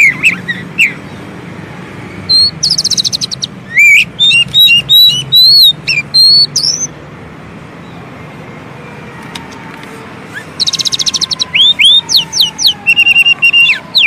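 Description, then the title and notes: Oriental magpie-robin singing in bursts of sweet whistled notes and buzzy trills, separated by a pause of a few seconds, over a steady low background hum. Kacer song used as isian (filler song for training birds), long-duration recording meant to make birds sing vigorously day and night. "Kacer Jadi Gacor Siang Malam. Isian Kacer Durasi Panjang"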